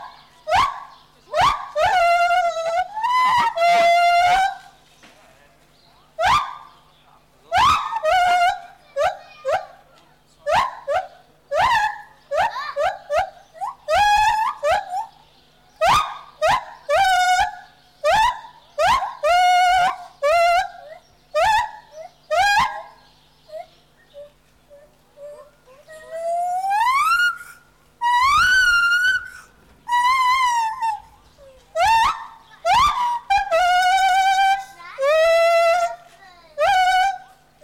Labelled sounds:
Lar Gibbon (Hylobates lar)

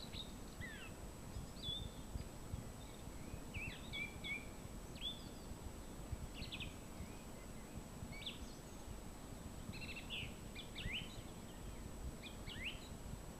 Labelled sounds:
Song Thrush (Turdus philomelos) song

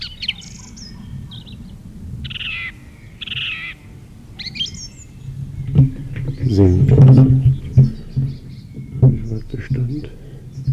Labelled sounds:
Song Thrush (Turdus philomelos) song

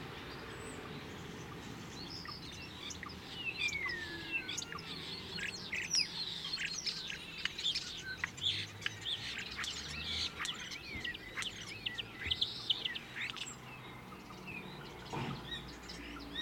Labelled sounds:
European Starling (Sturnus vulgaris) song

